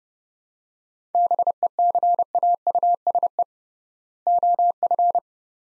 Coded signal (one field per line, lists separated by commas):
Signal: Morse code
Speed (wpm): 31 wpm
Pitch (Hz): 700 Hz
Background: none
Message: BECAUSE OF